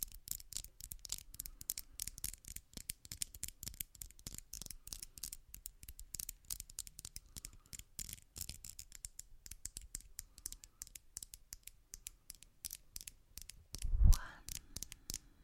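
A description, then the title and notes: Quick, irregular tapping on wood and glass clicks almost constantly, dense and crisp, with one louder, deeper knock around fourteen seconds. One trigger only tapping (Holz, Glas, etc.)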